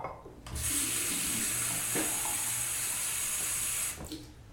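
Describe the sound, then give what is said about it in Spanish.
A faucet runs in a steady, rushing stream of drinking water for about three and a half seconds, starting and stopping abruptly, with faint clinks underneath and no voices. “A ver, toma. Bebe un poco de agua, sí, tranquilízate, ajá.”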